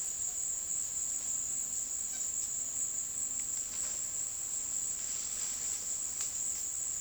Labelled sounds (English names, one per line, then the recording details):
none
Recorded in secondary vegetation near Puerto Asís, Putumayo, Colombia, on 19 February 2024 at 17:00
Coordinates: 0.468, -76.324
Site G6381